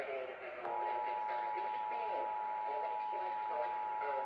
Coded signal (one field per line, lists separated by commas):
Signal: Emergency Alert System (SAME) tones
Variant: 853 and 960 Hz attention tone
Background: speech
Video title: EAS: Pennsylvania Required Monthly Test (10/16/2025)